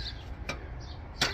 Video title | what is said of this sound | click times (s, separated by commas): PREPARE TO BE AMAZED!! COLEUS COLEUS COLEUS!!! | of if I can it just snaps right in and it's uh it's a nice uh | 0.5 s, 1.2 s